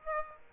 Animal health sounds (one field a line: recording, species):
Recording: mosquito wingbeat signal from an infrared sensor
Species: Aedes aegypti